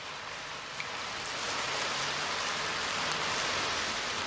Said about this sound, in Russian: А я пока включу учебный дождь. Пожалуйста.